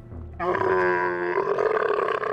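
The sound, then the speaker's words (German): A camel bellows in the evening in one long, loud, raspy groan that starts with a low rumble and then swells into a harsh, gurgling roar lasting about two seconds. “Doch am Abend weckt ihn plötzlich der Schrei eines Kamels.”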